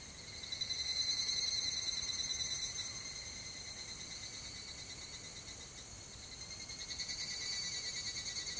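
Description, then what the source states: Higurashi cicada song, a fast pulsing metallic trill with ringing high overtones, loud at first, easing in the middle, then swelling again near the end. Song referred to as kanakana.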